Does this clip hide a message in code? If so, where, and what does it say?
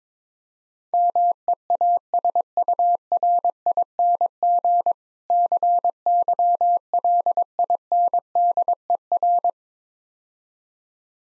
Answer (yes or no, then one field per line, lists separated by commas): yes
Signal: Morse code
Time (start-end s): 0.9-9.5 s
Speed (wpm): 22 wpm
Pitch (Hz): 700 Hz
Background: none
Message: MEASURING CYLINDER